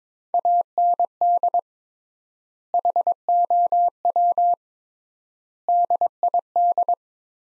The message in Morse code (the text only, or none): AND HOW DID